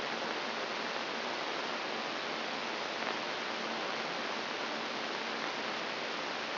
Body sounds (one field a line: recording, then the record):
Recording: brain microelectrode recording played as sound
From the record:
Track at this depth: inside the subthalamic nucleus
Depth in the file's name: 2.746 mm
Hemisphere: right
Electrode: 3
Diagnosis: Parkinson's disease